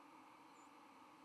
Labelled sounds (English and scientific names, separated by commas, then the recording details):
White-throated Sparrow (Zonotrichia albicollis) flight call
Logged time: 06:22 on 31 October 2014